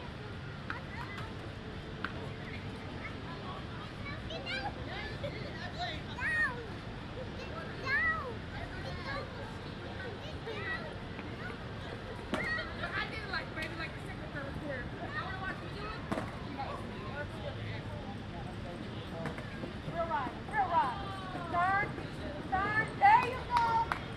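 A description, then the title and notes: Skaters practice in an outdoor park while people stroll by, their voices forming a steady murmur of overlapping talk. Sharp clacks and scrapes of boards land irregularly throughout, louder near the end, over a low constant hum of traffic. Skaters Practicing at Lake Eola Park (Orlando, Florida). I sat under a tree at Lake Eola Park in Orlando, Florida as a group of skaters practiced tricks, people strolled.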